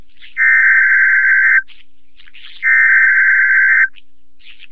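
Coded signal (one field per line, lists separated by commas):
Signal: Emergency Alert System (SAME) tones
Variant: header bursts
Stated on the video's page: NOAA Weather Radio Required Weekly Test, live Seattle-area broadcast.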